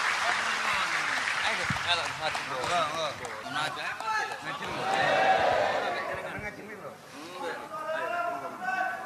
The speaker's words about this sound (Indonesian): Kepada beliau kami persilahkan. Tepuk tangan, enggak apa-apa, enggak apa-apa. Enggak apa-apa.